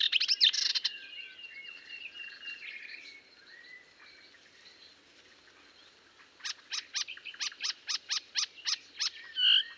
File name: British Library - Melodious Warbler Hippolais polyglotta